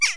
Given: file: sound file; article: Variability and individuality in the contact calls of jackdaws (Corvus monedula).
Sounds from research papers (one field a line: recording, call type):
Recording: jackdaw call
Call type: harmonic